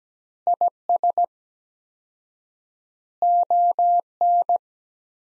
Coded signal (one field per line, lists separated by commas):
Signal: Morse code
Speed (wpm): 17 wpm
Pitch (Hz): 700 Hz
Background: none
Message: IS ON